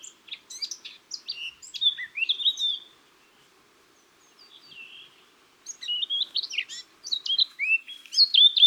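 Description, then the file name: Eurasian blackcap song: two bouts of quick, jumbled warbling ending in loud clear whistles, separated by a quiet pause. "Sylvia atricapilla"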